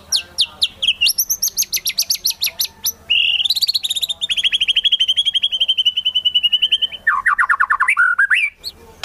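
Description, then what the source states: White-rumped shama song, a rich run of rapid repeated chirps and trills shifting between high and mid pitches, with a low rattled phrase near the end. Song used as a lure for trapping birds.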